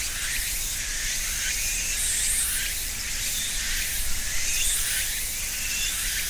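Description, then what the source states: Cicadas in a dense, continuous high buzzing chorus with slow pulsing swells, over a steady low rumble of traffic. End of summer in Japan, ornamental cherry trees between a small river and a residential neighbourhood, about 13:00; traffic; Sony PCM-M10 recorder, EM172 mics quasi-binaural on opposite sides of a tree trunk.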